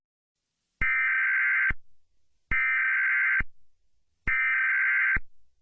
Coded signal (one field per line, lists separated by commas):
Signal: Emergency Alert System (SAME) tones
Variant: header bursts